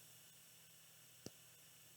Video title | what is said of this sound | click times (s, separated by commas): Phonics- Letter Aa (Day 2) | Did you hear that click? | 1.3 s